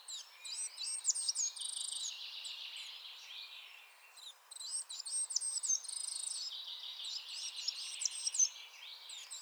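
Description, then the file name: Coal tit chattering in two long bursts of high hooked notes and buzzy trills, with a quieter gap between them. Chattering (bavarde) calls. "MESANGE NOIRE BAVARDE"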